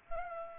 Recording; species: mosquito wingbeat signal from an infrared sensor; Culex pipiens